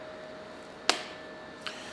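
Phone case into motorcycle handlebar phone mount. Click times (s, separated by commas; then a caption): 0.9 s. A phone in its case is set onto a Quad Lock handlebar mount on a motorcycle and twisted until it latches. A sharp click at 0.9 s marks it locking into place, followed by a fainter click at 1.7 s over a quiet, steady background hum. The phone is seated in the mount.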